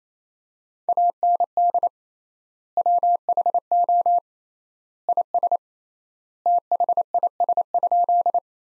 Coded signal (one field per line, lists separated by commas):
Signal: Morse code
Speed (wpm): 27 wpm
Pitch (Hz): 700 Hz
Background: none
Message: AND WHO IS THIS?